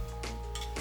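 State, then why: Not seated. The steel folding stock of an E&L AKS74UN airsoft rifle is handled at the rear trunnion while being folded toward position. Faint handling rustles and soft scrapes are heard, then a sudden loud burst at 0.8 s. The stock has not locked into place yet, so nothing has seated or clicked.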